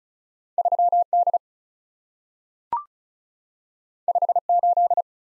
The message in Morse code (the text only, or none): 3 D 5 8